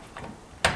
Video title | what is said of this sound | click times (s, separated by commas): bosch 60cm wide dishwasher product video | this clips into the back here, locks | 0.7 s